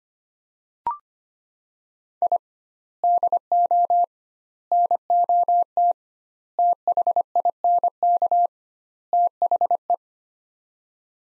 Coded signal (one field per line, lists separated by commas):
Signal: Morse code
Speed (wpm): 25 wpm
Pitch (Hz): 700 Hz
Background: none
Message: I DO NOT THINK THE